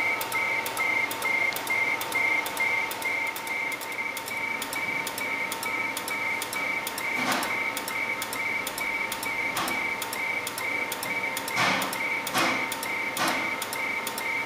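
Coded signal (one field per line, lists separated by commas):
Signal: RTTY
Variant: AMTOR ARQ, 100 baud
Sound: rapid chirping two-tone bursts repeating about twice a second, with crackles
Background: radio static crashes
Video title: Qso AMTOR ARQ/FEC Selcall IIBE/ISSO I6IBE-IK3SSO 7.040 MHz PK232 Yaesu FT897 - Pratola Peligna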